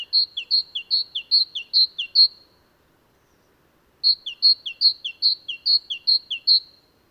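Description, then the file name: Great tit song: two strophes of ringing two-note phrases, a higher note dropping to a lower one, repeated about seven times each, separated by a pause. "Mesange charbonniere chants"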